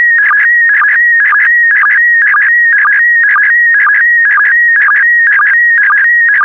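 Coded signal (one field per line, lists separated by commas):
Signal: SSTV (slow-scan television)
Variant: PD120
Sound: steady warbling tone near 1.9 kHz, low chirping blip about twice a second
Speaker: complete you can now check your decoded image against the picture that is shown on the video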